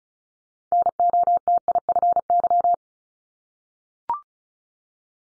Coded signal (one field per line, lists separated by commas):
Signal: Morse code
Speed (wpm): 36 wpm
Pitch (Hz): 700 Hz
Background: none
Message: NOTIFY